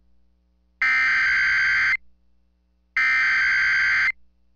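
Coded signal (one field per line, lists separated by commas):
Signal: Emergency Alert System (SAME) tones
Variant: header bursts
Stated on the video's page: Real EAS alert audio for a Tornado Emergency in Mississippi.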